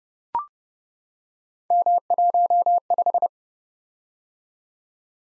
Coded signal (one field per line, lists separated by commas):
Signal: Morse code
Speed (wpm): 30 wpm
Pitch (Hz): 700 Hz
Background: none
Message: M15